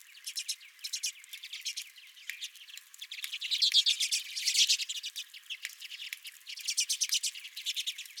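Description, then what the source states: Redpolls twittering together, a steady stream of quick chirps with a louder, denser surge in the middle and clustered trills toward the end. Several redpolls at a feeder.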